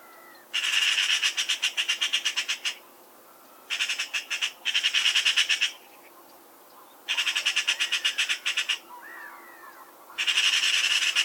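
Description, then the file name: Eurasian magpie giving rasping rattle calls, fast machine-gun chatter in several bursts with brief quiet gaps between them. Recorded 16 August 1999. "Pica pica"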